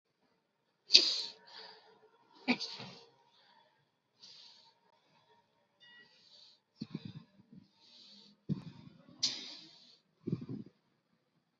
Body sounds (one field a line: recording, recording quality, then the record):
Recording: deep breathing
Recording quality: moderate, slight background noise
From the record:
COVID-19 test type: RT-PCR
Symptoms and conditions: diabetes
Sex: male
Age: 49 years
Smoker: no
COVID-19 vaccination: both doses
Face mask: worn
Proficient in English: yes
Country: India